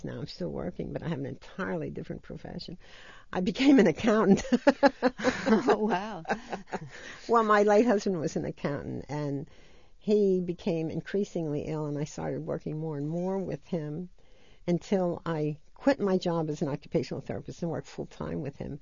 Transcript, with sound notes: I'm still working, but I have an entirely different profession. I became an accountant! [Laughs]
Oh, wow!
Well, my late husband was an accountant, and he became increasingly ill, and I started working more and more with him, until I quit my job as an occupational therapist and worked full time with him.